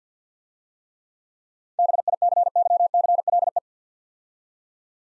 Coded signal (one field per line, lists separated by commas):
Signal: Morse code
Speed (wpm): 50 wpm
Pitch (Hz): 700 Hz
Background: none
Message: BICYCLE